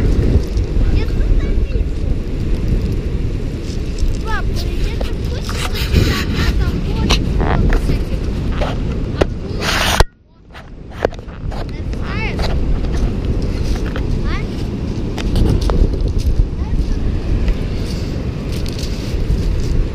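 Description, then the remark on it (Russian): Steady roar of Pacific Ocean surf on the shore with a dense rattle and clatter of stones dragged back out by the retreating water, heavy wind buffeting throughout, briefly cutting out midway. “Это он камни тащит. Это Тихий океан обратно засасывает все просто.”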